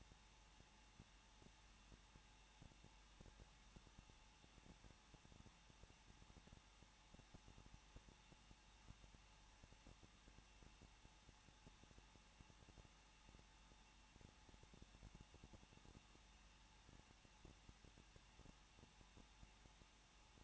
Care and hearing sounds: daily activity, microphone in the room; no activity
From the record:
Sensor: 1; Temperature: 20.1 degrees Celsius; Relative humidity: 39.0%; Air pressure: 1006.5 hPa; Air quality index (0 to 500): 216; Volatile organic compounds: 71 ppm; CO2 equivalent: 3532 ppm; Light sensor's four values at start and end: 1/2/1/1 and 1/2/1/1

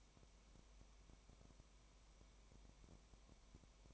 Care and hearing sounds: daily activity, microphone in the room; no activity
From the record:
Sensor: 1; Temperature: 19.0 degrees Celsius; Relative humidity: 34.1%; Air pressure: 1001.3 hPa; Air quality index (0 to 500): 82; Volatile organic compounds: 1 ppm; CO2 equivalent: 822 ppm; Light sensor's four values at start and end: 1/2/1/1 and 1/2/1/1

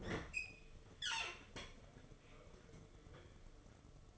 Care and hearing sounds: daily activity, microphone in the room; open fridge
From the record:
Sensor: 4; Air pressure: 1015.9 hPa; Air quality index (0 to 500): 197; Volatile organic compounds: 11 ppm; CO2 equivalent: 2278 ppm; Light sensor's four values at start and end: 17/39/17/18 and 13/29/12/14

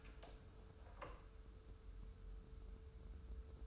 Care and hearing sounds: daily activity, microphone in the room; open door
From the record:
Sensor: 2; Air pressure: 1015.0 hPa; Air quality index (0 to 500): 112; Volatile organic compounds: 3 ppm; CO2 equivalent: 1438 ppm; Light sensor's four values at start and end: 13/35/14/15 and 13/35/14/15

